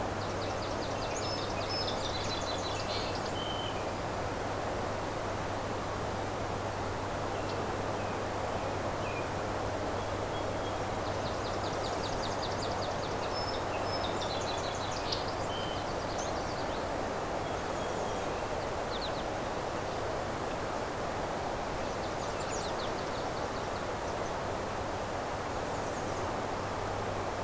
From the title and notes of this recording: It’s early morning. As we follow the Crane River to Scuggog Lake, migrant songbirds begin arriving.. Migrant songbirds begin arriving.. continuously, for hours.